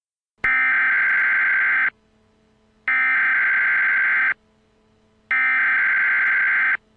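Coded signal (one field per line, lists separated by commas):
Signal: Emergency Alert System (SAME) tones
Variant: header bursts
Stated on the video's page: Fictional EAS scenario.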